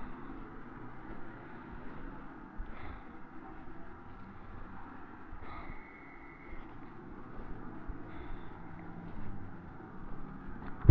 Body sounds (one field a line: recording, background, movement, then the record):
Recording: deep breathing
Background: traffic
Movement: walking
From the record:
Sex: male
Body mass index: 23.7 kg/m2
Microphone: on the chest, facing the body